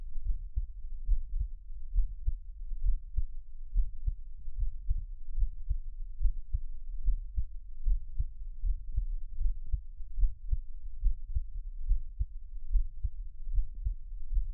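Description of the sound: Soft, deep thumps of a heartbeat repeat steadily at about 72 beats a minute, muffled as if heard through a close microphone. No talking, only a faint low hum in the background.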